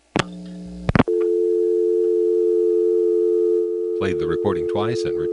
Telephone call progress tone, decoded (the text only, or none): dial tone